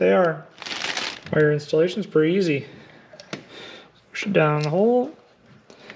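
On a Polaris RZR, an ignition wire boot is being handled at the spark plug well in the engine head, about to be pushed down onto the spark plug terminal. Someone talks over soft rustling handling sounds, with a couple of brief sharp ticks around 3.2 and 3.3 seconds. The clip ends before the boot goes home, so nothing has seated or clicked yet.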